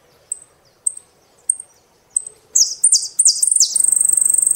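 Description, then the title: Saffron finch song: spaced thin chips that build into a fast run of bright, downslurred high notes, closing in a rapid rattling trill. "Jilguero Argentino"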